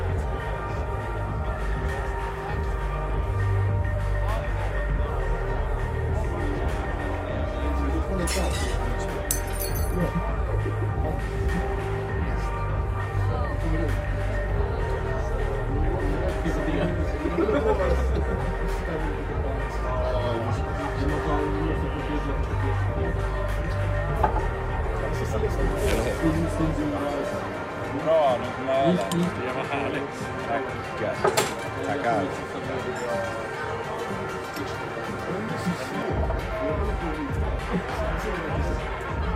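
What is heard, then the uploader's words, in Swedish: Bar sounds of a murmuring crowd: many voices blend into a steady, dense babble throughout. Glasses clink now and then, with sharper clinks near 9, 26 and 31 seconds. A low rumble sits underneath and drops away between roughly 27 and 36 seconds. Baren. En timme sorlande barljud.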